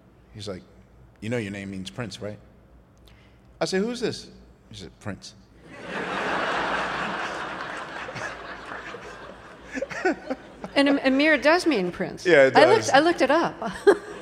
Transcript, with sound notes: He's like, you know your name means prince, right? I said, who's this? He said Prince.
(LAUGHTER)
And Ahmir does mean prince.
Yeah, it does.
I looked it up